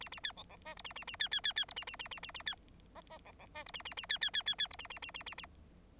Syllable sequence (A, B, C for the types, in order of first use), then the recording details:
A A B C C D E A A A B B B B E A A A A A A B F F C C D E A A A B B B B B E A A A A A A. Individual Bird9